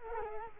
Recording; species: mosquito wingbeat signal from an infrared sensor; Culex quinquefasciatus